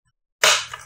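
The plastic adjustment clips on each side of a child's hockey helmet shell are slid up so the shell can be pulled apart to resize it. After near silence, a sharp, bright snap comes at 0.4 s and rings down, followed by a smaller click at 0.7 s. The clips pop open and release.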